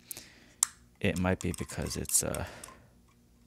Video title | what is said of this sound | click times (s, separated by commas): 1972 Cadillac Sedan DeVille from Greenlight's Hitch and Tow Series 24 | that's kind of disappointing but i guess if it's going to be for see i see that right there it locks in place | 0.6 s